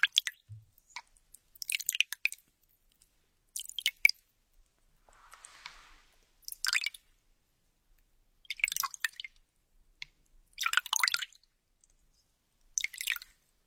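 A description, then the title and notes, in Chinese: Wet, squishy water sounds with crystal ball, bag, glasses and notebook come in short crackling bursts roughly every two seconds, bright and clicky, with silence between. A softer hissing rustle appears around the five-second mark, and a low thump sounds near the start. 水晶球 包包 眼镜 笔记本 水音。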